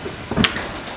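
A string under the cockpit cabinet seat is pulled to release the swim platform latch on the transom of a Beneteau Oceanis 48 yacht. A low rustle builds from about 0.3 s, then a single sharp click lands at 0.4 s. The latch is released.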